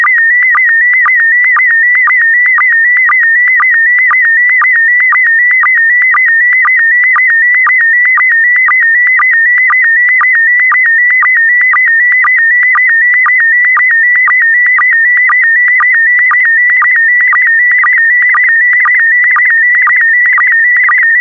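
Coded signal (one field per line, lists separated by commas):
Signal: SSTV (slow-scan television)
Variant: PD120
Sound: steady warbling whistle around 2 kHz with rapid regular clicks twice a second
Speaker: get ready starting transmission in 5 4 3 2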